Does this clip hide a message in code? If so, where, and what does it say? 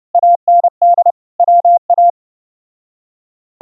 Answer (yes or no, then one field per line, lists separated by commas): yes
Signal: Morse code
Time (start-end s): 0.1-2.1 s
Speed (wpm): 27 wpm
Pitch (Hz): 700 Hz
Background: none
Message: AND WA